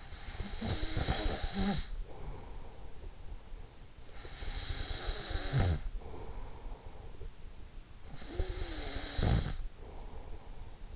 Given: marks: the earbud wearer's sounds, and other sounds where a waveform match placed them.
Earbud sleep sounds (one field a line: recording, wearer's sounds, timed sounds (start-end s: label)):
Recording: sounds in sleep by an in-ear microphone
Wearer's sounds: snoring breath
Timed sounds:
0.00-3.01 s: snoring breath
4.11-7.30 s: snoring breath
8.12-10.95 s: snoring breath